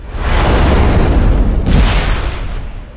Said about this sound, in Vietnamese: Ông ấy vừa nói đến đó, tôi đã nghe thấy một tiếng nổ. Một quả cầu lửa thình lình xuất hiện từ giữa hư không ở ngay góc rẽ của cầu thang tầng 1.